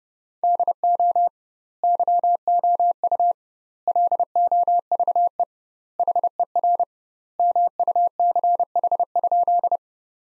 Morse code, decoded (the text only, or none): DO YOU LOVE HER MUCH?